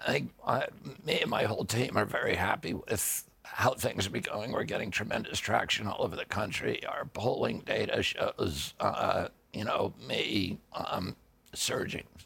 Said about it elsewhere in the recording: I had a very, very strong voice until I was 42 years old. In 1996, I had an injury that caused a neurological disorder called spasmodic dystonia. Makes my voice like this.